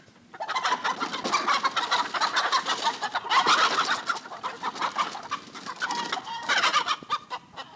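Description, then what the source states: Chickens in a noisy, agitated chorus of clucks and squawks, overlapping continuously with several louder surges of excited calling. Several agitated chickens in a hen house.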